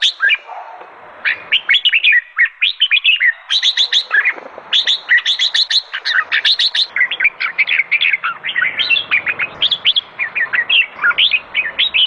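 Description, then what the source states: Sooty-headed bulbul pouring out a fast, chattering song of crisp chirps and short slurred notes. Indonesian name kutilang; described as gacor, singing vigorously and continuously.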